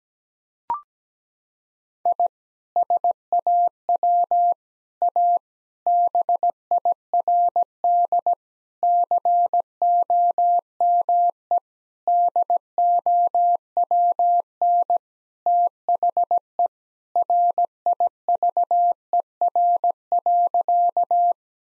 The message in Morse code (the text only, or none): I SAW A BIRD COME DOWN THE RIVER.